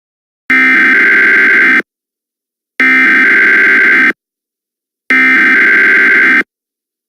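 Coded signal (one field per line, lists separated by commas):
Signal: Emergency Alert System (SAME) tones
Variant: header bursts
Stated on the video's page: Extremely fictional EAS scenario.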